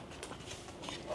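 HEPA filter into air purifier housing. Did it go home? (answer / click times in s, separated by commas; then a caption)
no / none. A replacement HEPA filter is handled into the housing of an Acerpure Pro air purifier, with soft rustling and one brief bump at about 0.2 s. The filter has not seated or clicked into place yet.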